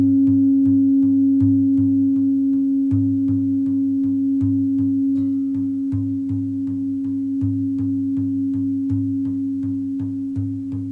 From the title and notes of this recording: Deep vibrations using singing bowls targeting the crown and heart chakra along with some Shamanic drumming.